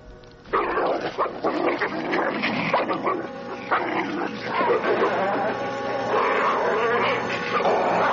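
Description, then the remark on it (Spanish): Two dogs fighting in front of ruins: continuous loud snarling and growling mixed with sharp barks and yelps, starting abruptly after a brief quiet moment and staying intense throughout. “Son dos perros que pelean delante de unas ruinas.”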